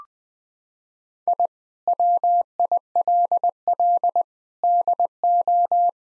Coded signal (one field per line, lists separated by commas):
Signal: Morse code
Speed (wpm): 21 wpm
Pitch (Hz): 700 Hz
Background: none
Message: I WILL DO